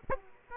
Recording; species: mosquito wingbeat signal from an infrared sensor; Aedes aegypti